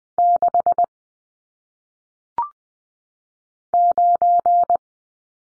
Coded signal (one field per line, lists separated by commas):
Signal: Morse code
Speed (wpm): 20 wpm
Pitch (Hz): 700 Hz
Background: none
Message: 6 9